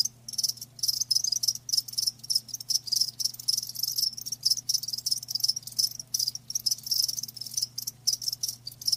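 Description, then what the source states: Crickets give quick shrill pulsing trills, chopped by frequent tiny pauses, over a steady faint low hum. Crickets chirping; a lulling song offered to help you fall asleep.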